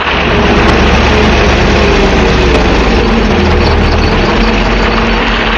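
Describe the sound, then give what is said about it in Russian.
A garbage truck's heavy engine rumbles and idles at a steady, loud, low drone as the truck pulls up and stops, with no voices and no clear change in pitch or level. “Машина подъехала и остановилась. Это был мусоровоз.”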